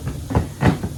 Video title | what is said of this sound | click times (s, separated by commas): Hoover Power Scrub XL Problems Solved | it clamps in right there. | 0.3 s